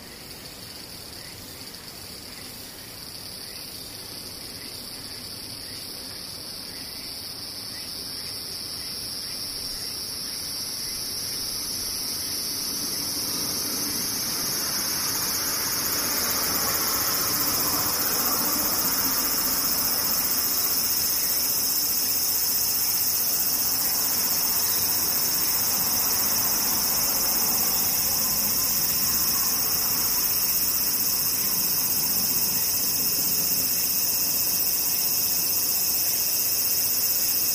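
Cicadas buzz in a dense, unbroken drone, shrill and high, with steady bands of sound running through the whole clip. The chorus swells in loudness over the first fifteen seconds or so, then holds level. A soft, low rumble sits underneath, like passing traffic.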